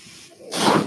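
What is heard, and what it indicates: Quiet background, then an abrupt rushing airflow hiss: a person's own home ventilator delivering a breath.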